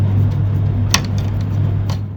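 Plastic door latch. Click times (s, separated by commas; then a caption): 0.9 s. A chopstick is pushed into the emergency release tab of a locked front-loading washing machine's door lock and pulled downwards. Over a steady low hum, the plastic door-lock mechanism releases with a sharp click at 0.9 s, followed by a few fainter clicks and a softer knock near 1.9 s. The emergency door release clicks open.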